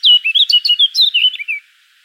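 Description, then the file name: Eurasian blackcap giving a quick warbled run of many bright, varied chirping notes that slide up and down, lasting under two seconds before stopping. "Sylvia atricapilla"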